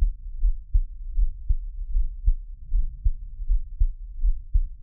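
An adult's own heartbeat, close-miked for ASMR, with low, thudding beats.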